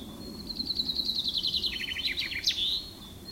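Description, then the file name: Common chaffinch song: a bright rattling trill falling in steps, then a quick emphatic end flourish, with a constant low hum beneath. "Vink - Fringilla coelebs"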